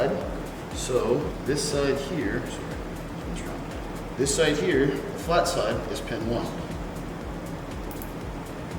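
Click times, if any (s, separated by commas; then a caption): 8.0 s. A wiring connector for a Lamborghini STO exhaust valve controller is pushed together into the exhaust valve harness during the install, with its flat side lined up at pin 1, while someone talks. A short, sharp click at 8.0 s marks the connector seating in pin 1.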